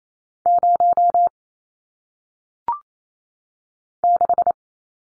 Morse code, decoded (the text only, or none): 0 6